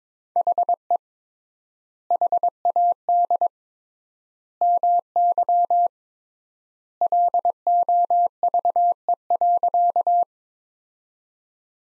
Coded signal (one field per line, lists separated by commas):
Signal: Morse code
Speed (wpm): 22 wpm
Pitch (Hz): 700 Hz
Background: none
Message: HE HAD MY LOVE.